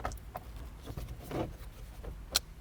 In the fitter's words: Oh, there's that click everyone should hear.